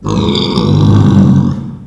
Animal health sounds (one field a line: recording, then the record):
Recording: squeal of a Yucatan mini pig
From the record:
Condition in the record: after surgery on the right vocal fold (resection and tissue-engineered implant)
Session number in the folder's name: 16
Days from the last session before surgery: 183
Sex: female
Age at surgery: 19 weeks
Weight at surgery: 25 kg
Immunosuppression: prednisolone